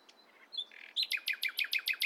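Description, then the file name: Common nightingale phrase opening with soft whistles, then a rhythmic run of several loud, sharp, repeated notes. "Luscinia megarhynchos"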